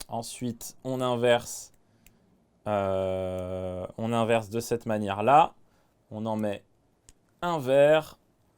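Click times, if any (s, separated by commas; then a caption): none. A green plastic construction brick is handled and pressed toward a Pokémon advent calendar brick build while someone talks throughout. A faint, brief tick is heard around 2.1 s in a pause between speech, but nothing has seated or clicked yet; the brick is not yet home when the clip ends.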